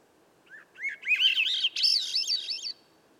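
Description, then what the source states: Swainson's thrush singing a single spiralling phrase, breathy fluted notes rising step by step into a high, wavering trill, with faint low background hiss. Singing at dusk by a campsite, about 3 m up in a red alder at a clearing edge among young western hemlock and redcedar; most other birds silent; Sound Devices MixPre6, Pluggy microphone.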